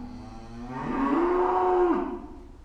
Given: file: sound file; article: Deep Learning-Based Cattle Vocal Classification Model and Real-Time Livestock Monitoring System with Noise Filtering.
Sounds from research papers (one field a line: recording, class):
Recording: cattle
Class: food anticipating call